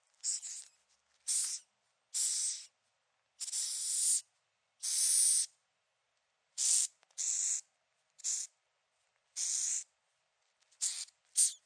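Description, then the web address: Hissing cockroach hissing: many harsh, airy bursts of varying length separated by short silences, with a quick double burst near the end. "SFXBible animals-insect-hissing-cockroach"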